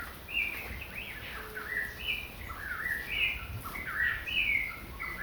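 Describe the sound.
Eastern whip-poor-will giving loud, whistled, rising-ending phrases in quick succession, about one per second, over light background noise.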